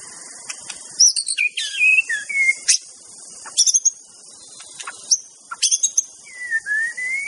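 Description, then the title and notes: White-rumped shama song: scattered sharp high notes and clear whistles that slide downward and, at the end, a long rising whistle, over steady hiss. Song recording used as a lure for trapping (pikat). "MB Pikat Jitu.. Suara Mantap. murai batu"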